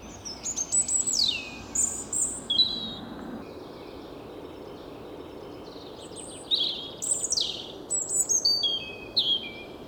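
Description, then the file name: European robin delivering two separate song phrases of cascading, steeply falling high whistles and twitters, with a pause of quiet hiss between them. "Erithacus rubecula"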